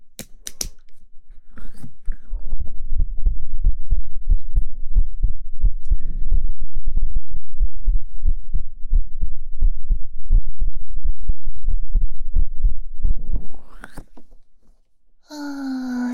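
Steady, regular low heartbeat thumps heard through a stethoscope during an acted doctor roleplay; the heart is found to have no problem.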